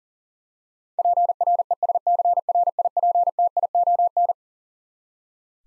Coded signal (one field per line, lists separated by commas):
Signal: Morse code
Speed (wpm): 40 wpm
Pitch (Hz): 700 Hz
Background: none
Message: PRESCRIPTION